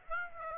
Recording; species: mosquito wingbeat signal from an infrared sensor; Aedes aegypti